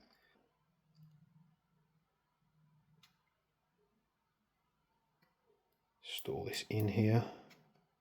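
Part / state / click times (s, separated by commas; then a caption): small pinned component into the collar of an airsoft rifle conversion kit / not seated / none. A small component with a silver pin is handled and pushed toward the collar of a Maple Leaf AR bolt-action conversion kit for a VFC M4 gas blowback airsoft rifle, with faint quiet handling sounds and a brief tick around 3.0 s. Someone talks near the end. Nothing has seated or clicked into place yet.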